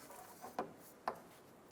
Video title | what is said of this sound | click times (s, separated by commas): How to Replace Fuel Strainer 2000-2006 Toyota Tundra | push until you hear a click and make sure it's fully seated | 1.1 s